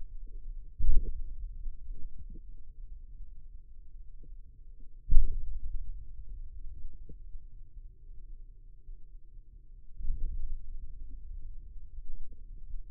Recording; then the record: forearm muscle sounds (acoustic myography)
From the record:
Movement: hand opening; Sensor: system 2, bracelet of six BSWA MPA416 microphones around the upper forearm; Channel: 4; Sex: male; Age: 22 years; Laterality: right